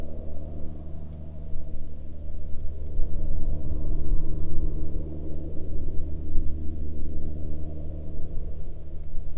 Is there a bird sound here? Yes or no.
no